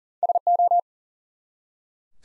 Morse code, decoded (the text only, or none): SO